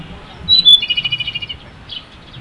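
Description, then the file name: Japanese robin song phrase: a sharp high note followed by a quick rolling trill, with a faint low rumble behind. "komadori"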